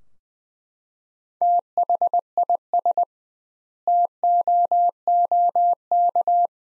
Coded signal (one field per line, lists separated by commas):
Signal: Morse code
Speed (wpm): 21 wpm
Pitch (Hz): 700 Hz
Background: none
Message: THIS TOOK